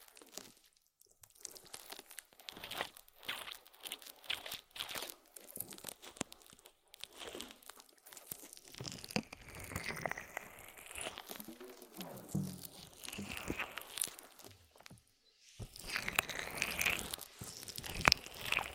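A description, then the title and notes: Aloe ear massage: dense, irregular wet crinkling and crunching rubs, with swirling sweeps around 9 to 12 seconds and a louder burst after 15. ASMR Aloe Ear Massage For Deepest Sleep in Your Life (No Talking).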